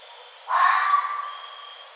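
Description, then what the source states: Red fox making one harsh, grating bark that fades gradually, over a faint steady high-pitched whine. Recorded 1 November 2011.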